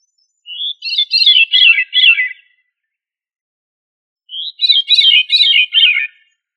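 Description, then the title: Thrush song of two warbled, fluty phrases roughly two seconds apart, each opening with a short separate note, against silence. "Familia Turdidae - Sabia"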